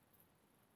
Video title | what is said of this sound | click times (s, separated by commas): deballage piece mtx maxx et esc pour les revisons reparations | En fait on entend un petit clic et en fait il est clipsé en partie, voilà, | 0.2 s